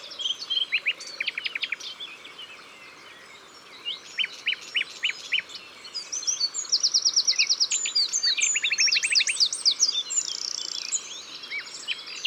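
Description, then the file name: Eurasian wren singing in bursts of shrill, fast trills and chattering notes. After a brief pause it launches into a longer, louder rattling phrase. Recorded in the Drôme, France. "Troglodyte mignon Concerts Naturels de la Drome Studio les Trois Becs"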